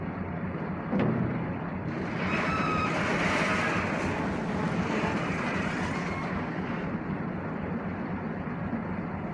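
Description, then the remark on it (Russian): A boat engine, ordered to stop and then run slow astern, drones steadily with a low, throbbing hum, a churning surge of water swelling over it midway before easing back to the motor's even rumble. No voices. “Стоп, машина! Малый назад. Есть малый назад.”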